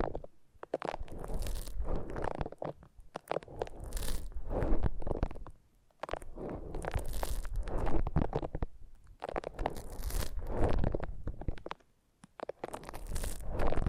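Foam being massaged, a dense squeaky crunching in bursts of a few seconds, with brief quiet pauses near 2.5, 6 and 12 seconds.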